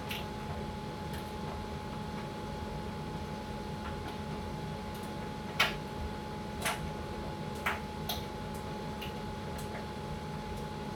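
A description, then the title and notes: An electric dryer hums steadily with a constant low rumble and a thin tone, broken by a few soft knocks around six to eight seconds. Electric dryer white noise. The gentle hum of the dryer. The rhythmic sound of the clothes tumbling and the soft whir of the machine.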